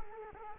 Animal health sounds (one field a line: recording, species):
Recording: mosquito wingbeat signal from an infrared sensor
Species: Culex quinquefasciatus